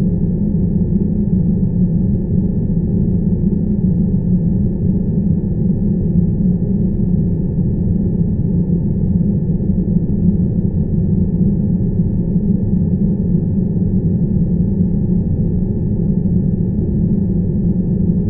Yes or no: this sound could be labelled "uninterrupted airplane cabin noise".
yes